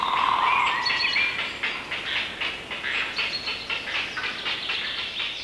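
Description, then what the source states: Grey Heron gives harsh, rough calls in a fast, rhythmic chattering series throughout. Field recording from the Swedish cassette Fågelsjön, Sweden.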